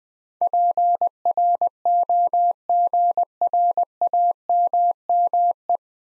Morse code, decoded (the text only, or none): PROGRAMME